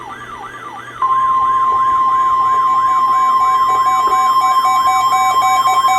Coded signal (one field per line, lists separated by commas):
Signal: Emergency Alert System (SAME) tones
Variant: 1050 Hz attention tone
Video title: Overnight FLW Mania... EAS Alerts from 4/30 - 5/1/23 (EAS 9761-9774)